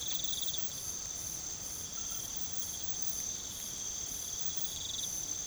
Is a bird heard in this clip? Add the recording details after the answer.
no. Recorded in pastures near Puerto Asís, Putumayo, Colombia, on 8 March 2025 at 03:30. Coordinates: 0.486, -76.323. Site G075